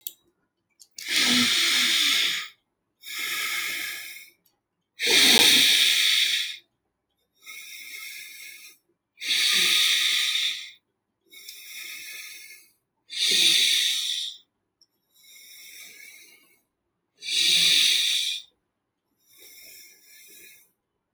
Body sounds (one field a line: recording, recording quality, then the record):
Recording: deep breathing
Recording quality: excellent, no background noise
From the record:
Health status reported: healthy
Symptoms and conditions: none ticked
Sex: male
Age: 35 years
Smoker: not ticked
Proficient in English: yes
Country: India